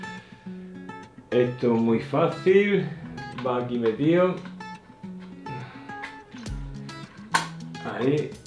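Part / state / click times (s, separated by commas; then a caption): reflector adapter ring onto LED video light head / not seated / none. The adapter ring for a reflector is pushed onto the front of a Colbor CL60 LED video light head while someone talks and music plays underneath. Brief handling knocks and taps come through, with a sharper hit at 7.4 s. The ring is not yet home, and nothing has seated or clicked yet.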